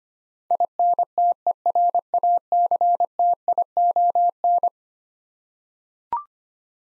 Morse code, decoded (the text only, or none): INTERACTION